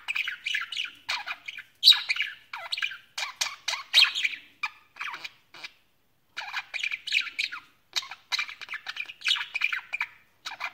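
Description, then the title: Budgerigar chattering in scratchy warbled bursts of chirps and squawks, broken by a clear pause of about a second midway. "Budgie Sounds"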